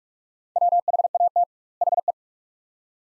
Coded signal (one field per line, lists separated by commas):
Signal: Morse code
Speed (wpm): 46 wpm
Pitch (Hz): 700 Hz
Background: none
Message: WHAT HE